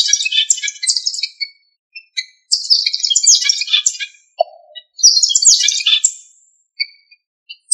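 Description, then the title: Bird song, bursts of high rapid twittering and chattering phrases with short silent gaps, plus a brief lower plop-like note midway. "LuckyPassaros"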